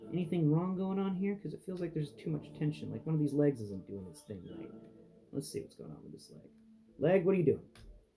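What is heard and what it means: A man talks while adjusting a plastic leg section of a Victory-Leo Legacy Haslab transforming robot toy, working it into the toy's leg joint to fix too much tension in the leg. Only handling noises sit under the speech, and nothing has clicked or seated into place yet.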